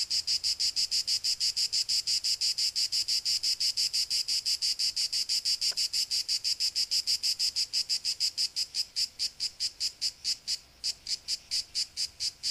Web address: Khaganat-games khanat-sounds-sources stock sound library animals cicadas euroblues cicada-2-euroblues